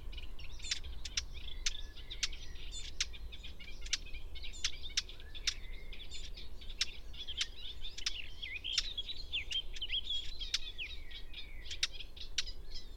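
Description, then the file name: Eurasian blackcap with sharp clicks repeated throughout, mixed with chattering, warbling phrases. "Sylvia atricapilla"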